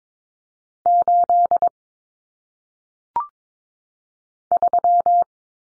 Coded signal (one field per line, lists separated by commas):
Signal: Morse code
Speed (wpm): 22 wpm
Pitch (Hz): 700 Hz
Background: none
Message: 8 3